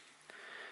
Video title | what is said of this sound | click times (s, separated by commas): 01-05 IS300 USB/AUX Retrofit Tutorial | so that's snapped into place | 0.3 s